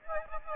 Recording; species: mosquito wingbeat signal from an infrared sensor; Aedes aegypti